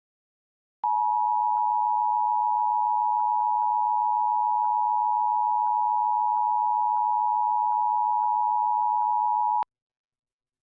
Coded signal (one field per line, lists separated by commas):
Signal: Emergency Alert System (SAME) tones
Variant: 853 and 960 Hz attention tone